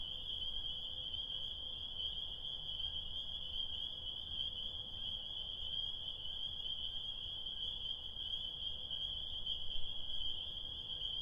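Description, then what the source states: Spring peepers in full chorus, countless shrill peeps merging into a constant high-pitched ringing that never pauses, over a faint low background hum. Tiny frogs singing their desire on a spring night, heard while stopping on the way home from Connecticut.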